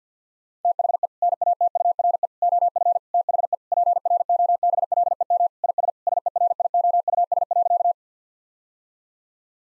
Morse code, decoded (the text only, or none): THE NATURE OF THE PROBLEM IS SERIOUS.